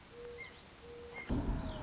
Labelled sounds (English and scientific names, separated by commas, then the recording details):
Mourning Dove (Zenaida macroura)
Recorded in Sonoma County, California